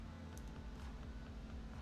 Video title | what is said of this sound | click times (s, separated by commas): Live Gunpla Build: RG Shining Gundam | Says I should hear a click. There it is. | 0.4 s